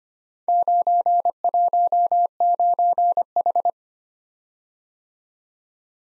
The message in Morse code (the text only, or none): 919H